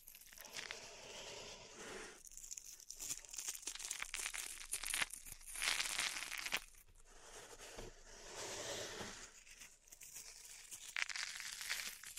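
Pink salt in a zen garden being raked and stirred, giving dense, gritty crinkling and scraping that comes in bursts of a second or two. Louder sweeps land around 2, 5 to 6.5, and 11 seconds, with brief quieter pauses between them.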